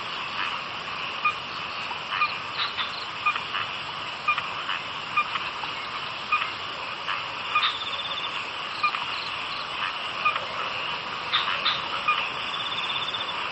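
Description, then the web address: Frog calls: short notes repeated frequently, standing out above a steady background chorus. "bumbungrec kaeru frog"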